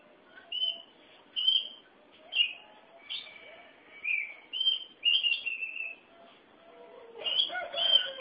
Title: Suara Kicauan Burung Kacer Durasi Panjang